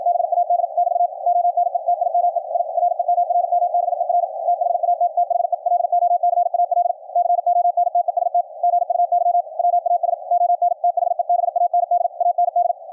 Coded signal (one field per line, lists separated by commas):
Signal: Morse code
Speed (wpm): 56 wpm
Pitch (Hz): 700 Hz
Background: radio noise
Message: BAD <BT> ONE TIME I REMRMBER THAT THE LOCAL CONTEST GUY WAS ON THE BAND AND